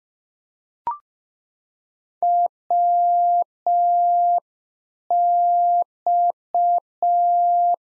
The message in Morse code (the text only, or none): WX